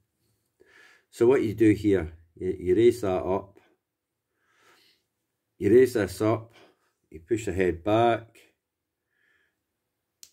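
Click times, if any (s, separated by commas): 10.2 s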